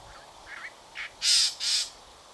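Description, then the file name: Chalk-browed mockingbird: a few soft notes, then two loud, harsh bursts in quick succession, with a quiet background. Chajarí, 31 August 2014. "Calandria Chajari"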